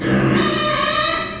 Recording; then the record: squeal of a Yucatan mini pig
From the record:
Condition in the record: before surgery on the right vocal fold (resection and tissue-engineered implant); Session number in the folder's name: 1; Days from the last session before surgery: -3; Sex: male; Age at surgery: 12 weeks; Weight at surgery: 13 kg